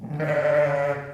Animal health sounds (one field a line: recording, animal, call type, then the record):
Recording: contact call of a hoofed animal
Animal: sheep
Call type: low-frequency (closed-mouth) or high-frequency (open-mouth) call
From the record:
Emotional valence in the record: negative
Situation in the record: short social isolation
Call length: 1.15 s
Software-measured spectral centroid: 1450 Hz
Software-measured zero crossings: 1250 a second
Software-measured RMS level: -23 dBFS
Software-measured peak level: -11 dBFS